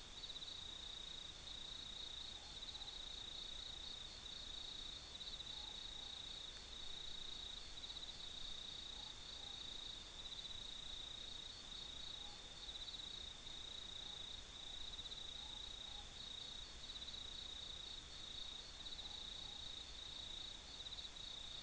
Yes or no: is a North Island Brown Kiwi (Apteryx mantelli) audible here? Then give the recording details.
no. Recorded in New Zealand